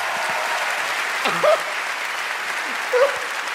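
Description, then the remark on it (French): Steady, dense applause from an audience, a broad continuous clatter of many hands clapping, with a couple of brief shouts or voices rising out of the crowd. “Si vous voulez voir le truc, applaudissez.”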